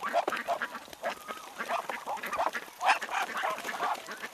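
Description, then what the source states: Ducks giving loud, raspy quacks in quick uneven bursts, several birds calling over one another with barely a gap. A flock of ducks.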